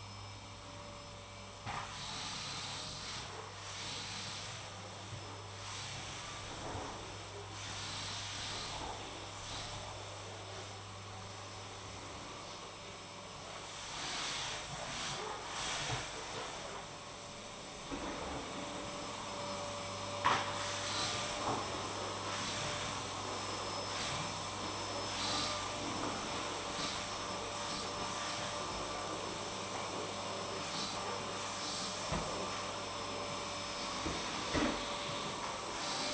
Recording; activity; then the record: daily activity, microphone in the room; vacuum cleaning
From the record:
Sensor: 1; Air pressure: 1000.2 hPa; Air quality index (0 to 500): 139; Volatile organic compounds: 2 ppm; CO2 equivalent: 1307 ppm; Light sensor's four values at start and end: 33/83/35/43 and 33/83/35/43